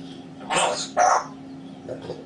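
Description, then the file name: Grey parrot uttering two quick gruff syllables, then a faint softer murmur, over a constant low hum. Grey parrot named Grig, talking. "a vot eto razgovarivaet odna pernataya skotina po imeni grig"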